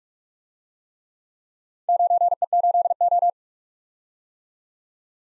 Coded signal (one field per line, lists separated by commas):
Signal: Morse code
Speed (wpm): 47 wpm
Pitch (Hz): 700 Hz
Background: none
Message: 9E8O